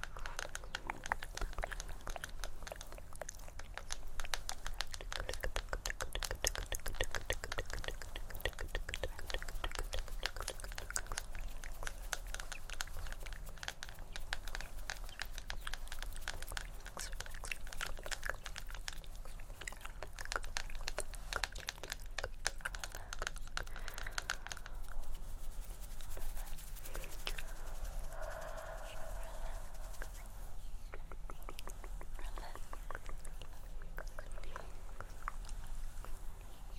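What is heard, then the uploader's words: Dense scratching, tapping and clicking mouth sounds crackle steadily, with a brief brighter, hissier stretch around 25–30 seconds. ASMR Extremely Tingly Layered Sounds For Sleep (Scratching, Tktk, Mouth Sounds, Tapping).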